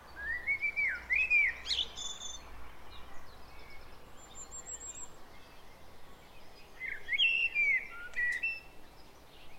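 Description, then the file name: Common blackbird song: two short warbled phrases, mellow low whistles ending in high squeaky notes, separated by several seconds. "Turdus merula"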